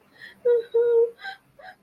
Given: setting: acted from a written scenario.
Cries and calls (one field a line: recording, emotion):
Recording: vocal sound without words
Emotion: sadness